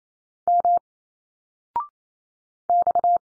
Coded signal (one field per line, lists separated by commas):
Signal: Morse code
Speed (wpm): 27 wpm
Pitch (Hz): 700 Hz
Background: none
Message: M X